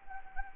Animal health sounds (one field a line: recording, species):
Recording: mosquito wingbeat signal from an infrared sensor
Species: Anopheles arabiensis